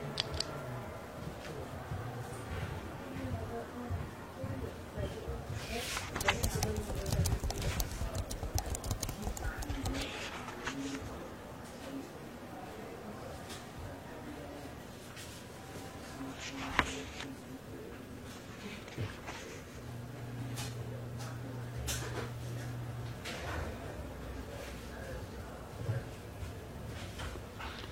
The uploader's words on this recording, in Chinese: 公共图书馆沉浸式学习 图书馆环境音 打字声 写字翻书。